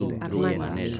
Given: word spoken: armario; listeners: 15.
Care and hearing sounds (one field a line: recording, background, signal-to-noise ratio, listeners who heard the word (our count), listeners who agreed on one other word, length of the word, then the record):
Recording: one Spanish word in noise, from a listening test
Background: four-talker babble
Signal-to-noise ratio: -1.5 dB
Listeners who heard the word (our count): 4 of 15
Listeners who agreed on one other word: 9 of 15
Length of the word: 0.60 s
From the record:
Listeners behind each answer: 9, 4, 1, 1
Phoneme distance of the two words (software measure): 7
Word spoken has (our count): 3 syllables, 7 phonemes, stress on syllable 2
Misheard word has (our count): 3 syllables, 8 phonemes, stress on syllable 2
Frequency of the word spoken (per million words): 10.16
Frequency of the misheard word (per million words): 2.77